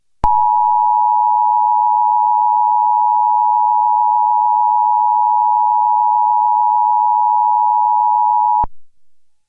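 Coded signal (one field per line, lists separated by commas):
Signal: Emergency Alert System (SAME) tones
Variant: 853 and 960 Hz attention tone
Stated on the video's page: Fan-made recreation of a monthly/weekly EAS test, made with Scratch.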